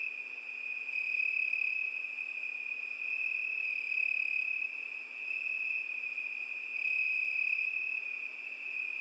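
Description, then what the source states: Crickets chirping, a dense, ringing, high trill swelling and fading gently throughout. Crickets at night.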